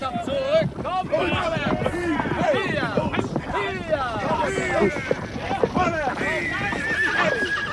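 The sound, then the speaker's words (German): A horse whinnies repeatedly in high, wavering cries while hooves clop steadily underneath, with men's voices calling out amid the commotion and a faint rush of wind. “Tom, dein Pferd steht draußen.”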